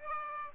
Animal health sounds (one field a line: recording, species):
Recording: mosquito wingbeat signal from an infrared sensor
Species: Aedes aegypti